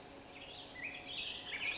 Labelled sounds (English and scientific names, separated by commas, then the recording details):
Black-headed Grosbeak (Pheucticus melanocephalus)
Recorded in Sonoma County, California